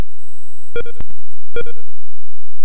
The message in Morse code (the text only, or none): none